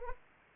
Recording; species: mosquito wingbeat signal from an infrared sensor; Anopheles arabiensis